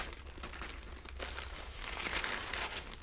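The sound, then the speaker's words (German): The pages of a weekly newspaper rustle and crinkle continuously for about three seconds, a dense, crisp papery crackle with bright bursts and no voices. “Als er in der Wochenzeitung diese riesige Anzeige entdeckt hat, war er sofort Feuer und Flamme.”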